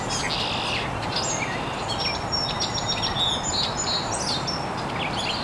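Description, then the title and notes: Birds chirping, high whistles and quick twitters over a steady noisy background. Birds chirping very early in the morning in an estuary. "Birds Chirping in the Early Morning. Original sounds of birds chirping very early in the morning in an estuary"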